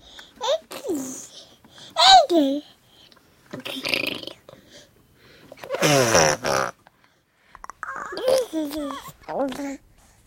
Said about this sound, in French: Ils font pas mal de sons végétatifs, on appelle ça. C'est des sons liés à la digestion, des sons un peu de gutturaux au fond de la gorge, qui sont d'ailleurs tout de suite reconnus par les adultes